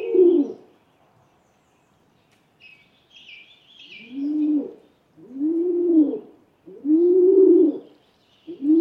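Rock pigeon cooing, a rolling burst then three steady low arched coos, with faint high chirps of small birds in between.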